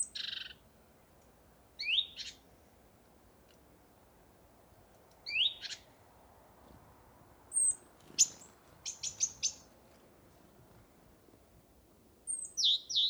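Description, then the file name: Great tit calls: scattered sharp, downslurred chips and a few thin high notes at irregular intervals over a steady low background hiss. "Parus major"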